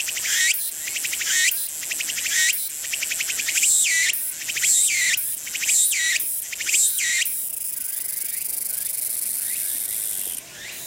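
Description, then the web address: Walker's cicada song of rhythmic repeated phrases, each a pulsed buzz with a rising upsweep, then settling into a continuous shrill hiss before a brief drop near the end. Insect call. "昆虫 セミ ツクツクボウシ（ツクツクホウシ）の鳴き声. arpla 自然音研究室"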